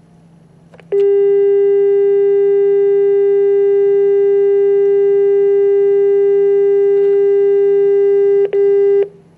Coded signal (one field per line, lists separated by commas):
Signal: telephone call progress tone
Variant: Japan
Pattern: dial tone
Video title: South Africa Telephone Dial Tone